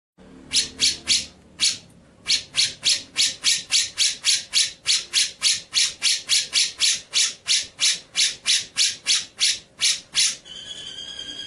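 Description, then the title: White-rumped shama giving a long run of harsh, buzzy notes repeated about three times a second. Masteran (song-training) track of white-rumped shama; described as full 'ngerol' (rolling) and 'nembak' (shooting) song styles. "Masteran Murai Batu Full Ngerol Nembak"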